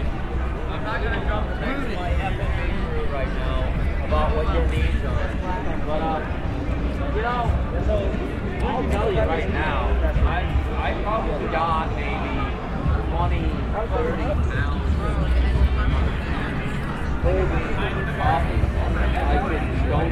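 Walking into a street protest area, surrounded by a dense crowd of overlapping voices. The chatter stays steady and busy throughout, with no single speaker standing out. A constant low rumble of traffic or city hum sits underneath.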